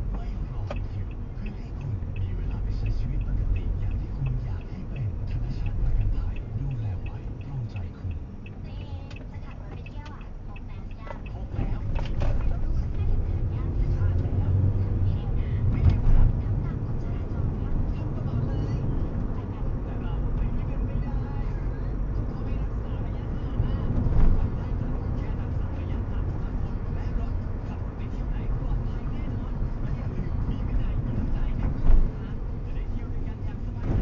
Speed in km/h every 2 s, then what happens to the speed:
27, 28, 26, 29, 27, 18, 12, 13, 16, 27, 34, 47, 47, 50, 51, 51, 50.
0-7 steady at about 27. 7-11 brakes to 12. 15-27 speeds up to 51. 27-34 steady at about 51.